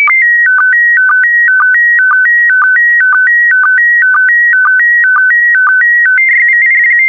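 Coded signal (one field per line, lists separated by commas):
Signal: SSTV (slow-scan television)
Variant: PD120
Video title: (03 of 12) ISS Expedition 63 - MAI-75 September 2020 - Retransmission SSTV PD120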